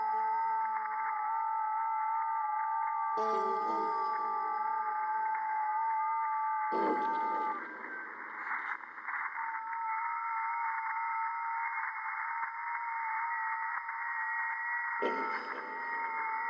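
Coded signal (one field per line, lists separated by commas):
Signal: FT8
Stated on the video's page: FT8 received live over the air on 40 m via an NVIS dipole with real ham gear, not an SDR or simulation.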